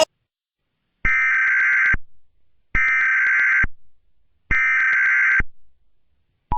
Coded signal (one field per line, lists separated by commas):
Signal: Emergency Alert System (SAME) tones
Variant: header bursts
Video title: EAS Scenario: Mobius City Metal Virus Part 1